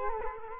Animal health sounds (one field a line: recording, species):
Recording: mosquito wingbeat signal from an infrared sensor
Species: Culex quinquefasciatus